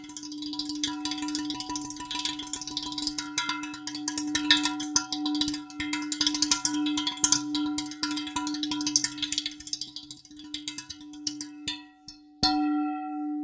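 A metal pan rings with a steady low tone while dense scraping and clattering rattles over it, ending in one sharp strike near the end.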